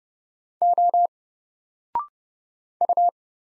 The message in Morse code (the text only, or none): O U